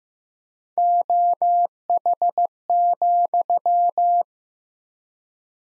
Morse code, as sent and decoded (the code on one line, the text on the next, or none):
--- .... --..--
OH,